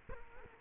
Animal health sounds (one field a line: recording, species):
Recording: mosquito wingbeat signal from an infrared sensor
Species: Culex quinquefasciatus